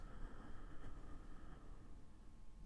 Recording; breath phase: one breath near a microphone; exhalation